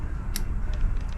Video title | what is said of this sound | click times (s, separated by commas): 72 Datsun 240z H4 headlights // Installing Toyota wiring harness | and you should hear it click | 0.4 s